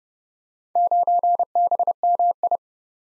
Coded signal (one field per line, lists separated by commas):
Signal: Morse code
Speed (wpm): 30 wpm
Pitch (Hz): 700 Hz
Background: none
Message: 9BMI